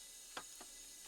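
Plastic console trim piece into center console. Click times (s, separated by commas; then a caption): 0.4 s. A plastic console trim piece is pressed back into the center console of a 2022 Chevy Tahoe during reassembly, giving a sharp click at 0.4 s and a fainter tick around 0.6 s over a steady high hiss. The piece snaps back into place and sits nice and tight.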